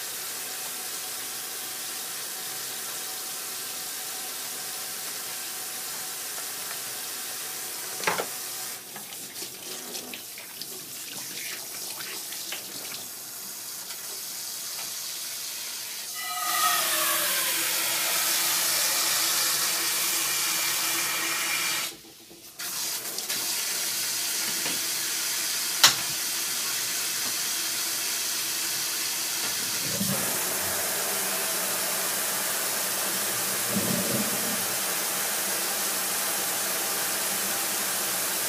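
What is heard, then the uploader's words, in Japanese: Food is prepared ahead for packed lunches, under a steady low hiss. Around 16 seconds a louder rushing sound like running water or sizzling starts, cuts out briefly near 22 seconds, then carries on. Sharp clicks land at about 8 and 26 seconds. 環境音 弁当用につくりおき。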